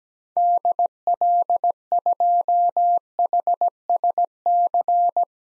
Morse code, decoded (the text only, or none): DL2HSC